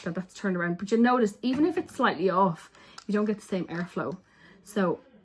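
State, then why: Not seated. A drying attachment is being handled and turned to face the right way before going onto a Dyson Air Wrap hair styler handle, since even slightly off it won't give the same airflow. Someone talks throughout, with only faint handling sounds beneath. Nothing has seated or clicked yet.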